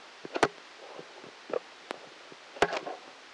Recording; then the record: brain microelectrode recording played as sound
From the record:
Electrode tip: outside the subthalamic nucleus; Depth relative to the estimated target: -8 mm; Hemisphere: left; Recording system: NeuroSet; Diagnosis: Parkinson's disease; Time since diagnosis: 8 years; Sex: male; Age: 46 years